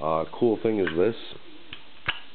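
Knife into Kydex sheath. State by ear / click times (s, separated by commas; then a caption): seated / 2.1 s. Someone talks briefly, then a fixed-blade DPX H.E.S.T. knife is pushed into a custom-molded Kydex sheath, with holes spaced 1.5 inches on center for a large Molle or Tek-Lok mount. A faint tap at 1.7 s is followed by a loud, sharp click at 2.1 s as the knife seats and is held firmly in the sheath.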